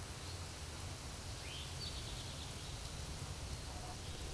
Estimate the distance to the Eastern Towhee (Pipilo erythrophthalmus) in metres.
about 80 m